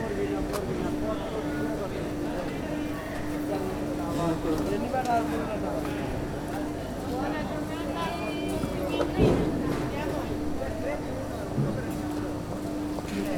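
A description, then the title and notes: A busy city market hums with overlapping voices and chatter, a steady low drone beneath, and occasional knocks and clatters, one sharp near nine seconds. 11:40. Mercato Cittadino. The Piazza delle Erbe Market is the heart of the city center. It is located in the most ancient and important point of Padua, next to Palazzo della Ragione.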